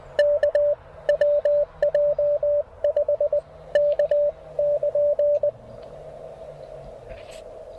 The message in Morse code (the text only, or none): K WJ5K <KN>